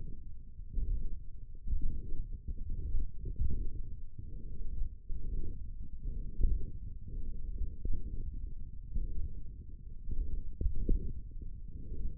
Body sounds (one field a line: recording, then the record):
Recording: forearm muscle sounds (acoustic myography)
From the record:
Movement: radial deviation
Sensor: system 1, eight BSWA MPA416 microphones around the upper forearm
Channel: 3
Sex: male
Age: 28 years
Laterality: right